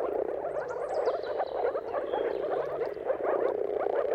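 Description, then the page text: Moor frog chorus, a continuous thick mass of soft, low, bubbling notes from many frogs, with a few faint bird notes higher up. Mating calls of a moor frog chorus at sunrise, heard at the turn of March and April depending on the weather. "Jakub-Orzecki moor frogs. Dawn’s Chorus: Mating Calls of Marsh Frogs at Sunrise - wp.earth.fm. Depending on the weather at the turn of March and April, you can witness an amazing spectacle of moor frogs"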